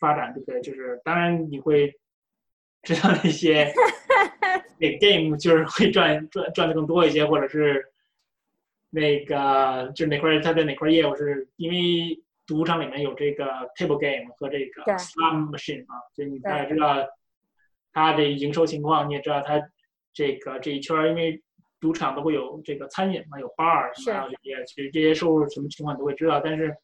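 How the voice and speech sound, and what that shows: An adult man, born in Beijing and living in the US since age 17, speaks conversational Mandarin mixed with English words, with a triple repetition of one word, several drawn-out syllables and frequent hesitation pauses. These repetitions and prolongations are typical of stuttering (stammering), a disruption in the forward flow of speech.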